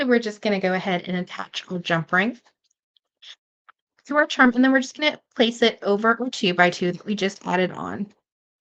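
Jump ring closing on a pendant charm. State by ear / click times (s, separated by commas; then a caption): not seated / none. Someone talks while a metal jump ring is attached to a pendant charm and placed over a 2x2 crimp bead, ready to be squeezed closed. During a pause in the talking, faint handling ticks are heard around 3.0 s and 3.7 s. Nothing has clicked closed yet; the clip ends before the ring is closed and gives the small click that shows it is completed.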